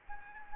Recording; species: mosquito wingbeat signal from an infrared sensor; Anopheles gambiae